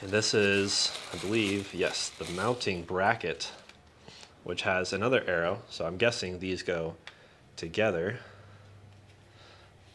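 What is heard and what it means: Someone talks while lining up the plastic mounting bracket with the body of a 70mai M500 dash cam, matching the arrows on each part. Brief soft handling taps come around 3.7 to 4.2 s, then a quiet stretch follows. The bracket has not clicked on yet.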